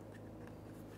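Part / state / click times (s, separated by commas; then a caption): plastic door panel fastener into door panel channel / not seated / none. A plastic door panel fastener for a 2002–2009 Chevrolet Trailblazer is handled as it is slid into position in the outermost channel of the door panel. A steady low hum runs throughout, with a faint brief tick at 0.5 s. Nothing has seated or clicked yet.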